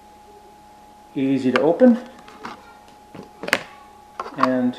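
Someone talks as the inner filter ring of a Rosco LitePad Loop magnetic ring light is twisted and pulled out of its housing. A sharp snap is heard at 3.5 seconds as the magnets let go and the ring pops open, releasing it.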